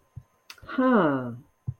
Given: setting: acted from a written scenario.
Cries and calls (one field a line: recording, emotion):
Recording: vocal sound without words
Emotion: interest